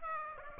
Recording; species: mosquito wingbeat signal from an infrared sensor; Aedes aegypti